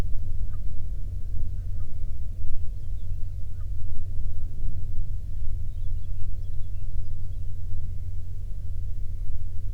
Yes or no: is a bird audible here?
yes